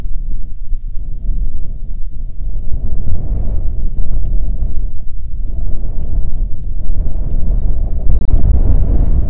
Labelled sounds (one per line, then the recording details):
wind
rain
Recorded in the Prudhoe Bay oil fields, Alaska, on 5 June 2019 at 00:01
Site 13